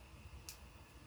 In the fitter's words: and i'm gonna put it close to my microphone so you can hear the really satisfying snap